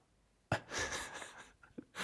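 One sharp, brief cough burst from an adult man, then a rough breathy outflow in a quiet room.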